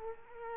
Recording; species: mosquito wingbeat signal from an infrared sensor; Culex quinquefasciatus